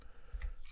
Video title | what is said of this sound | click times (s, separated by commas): YUGE Bag of knives! | but you just really have to give it give it what it needs and it'll it'll snap right in | 0.4 s